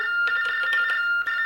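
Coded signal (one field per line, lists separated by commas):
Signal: RTTY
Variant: 45.45 baud TDD Baudot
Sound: two close high tones warbling together, interrupted by sharp clicks and crackles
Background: clicking noise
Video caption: speaking Baudot: [TDD Baudot tones]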